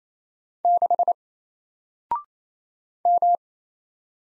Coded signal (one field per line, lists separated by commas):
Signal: Morse code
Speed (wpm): 28 wpm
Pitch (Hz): 700 Hz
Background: none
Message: 6 M